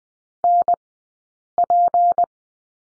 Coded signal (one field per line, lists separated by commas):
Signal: Morse code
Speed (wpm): 20 wpm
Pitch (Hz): 700 Hz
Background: none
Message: NP